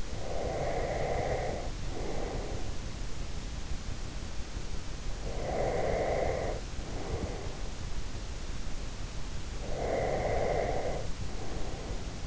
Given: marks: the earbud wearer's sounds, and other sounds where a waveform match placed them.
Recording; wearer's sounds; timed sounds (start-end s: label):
sounds in sleep by an in-ear microphone; breath
0.00-2.94 s: breath
5.01-7.88 s: breath
9.53-12.27 s: breath